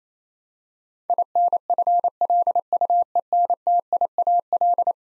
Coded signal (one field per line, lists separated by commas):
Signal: Morse code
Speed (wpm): 27 wpm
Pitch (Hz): 700 Hz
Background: none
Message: INFLUENTIAL